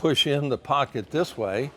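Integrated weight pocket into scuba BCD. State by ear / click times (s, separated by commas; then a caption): not seated / none. Someone talks while an integrated weight pocket with a plastic buckle latch is pulled in by its D-ring and pushed by hand into a 2022 Aqua Lung PRO HD scuba BCD. Only speech is heard. Nothing has seated or clicked yet.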